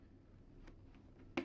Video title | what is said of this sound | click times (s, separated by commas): Replace the helmet padding - Nova 3 - RPB Safety | you hear a positive click | 1.4 s